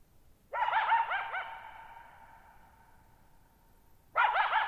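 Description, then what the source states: Coyote letting out a rapid, warbling string of yips that rings on in a long echo, then a second yipping burst begins. Lone coyote at night, July 14, 2019, Thirtymile Meadows, Okanogan National Forest, Okanogan High Country, Pacific Northwest; 6400 ft (1950 m) shallow bowl-shaped meadow on a high dry plateau, boggy ground.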